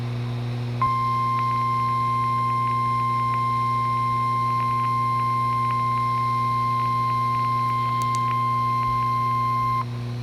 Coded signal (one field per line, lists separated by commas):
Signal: Emergency Alert System (SAME) tones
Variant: 1050 Hz attention tone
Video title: EAS #232 - Required Weekly Test (THIS IS THE MARYLAND)